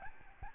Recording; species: mosquito wingbeat signal from an infrared sensor; Aedes albopictus